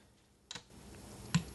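A torque wrench tightens another bolt on the cylinder head of a 300ZX Z31 engine being reassembled. A couple of quick faint ticks come at about 0.5 s, then a quiet steady background, then the wrench gives a sharp, louder click at 1.3 s as it reaches its setting, confirming the bolt is at torque.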